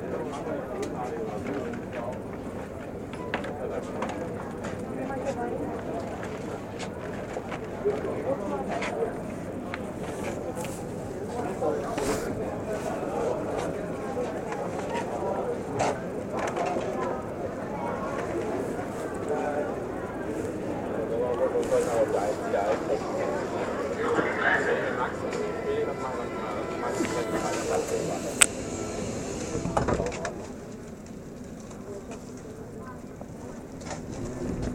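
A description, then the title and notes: An accidental pocket recording at Märkisches Museum: a steady, muffled wash of voices and rustling fills most of the clip, with scattered clicks and knocks. Around 25–28 seconds a brighter tone rises briefly, and after 30 seconds the sound drops to a quieter murmur. Accidental recording at Märkisches Museum. Just an accidental recording from my pocket.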